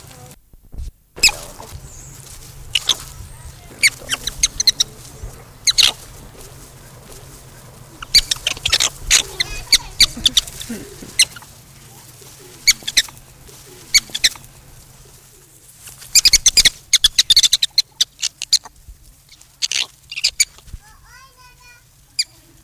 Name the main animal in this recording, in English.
Black-tailed Prairie Dog